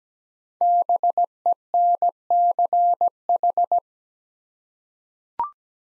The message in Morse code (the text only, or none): BENCH